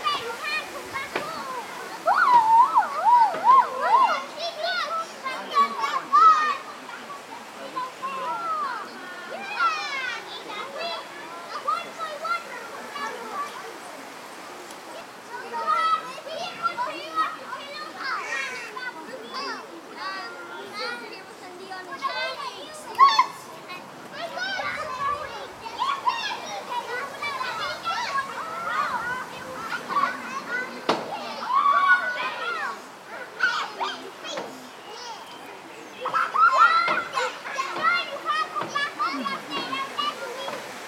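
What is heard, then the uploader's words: Children chatter and call out in a park, a dense, continuous mix of overlapping young voices with bursts of laughter and shouts every few seconds. Some voices are bright, others blended into a steady background wash. Children In The Park.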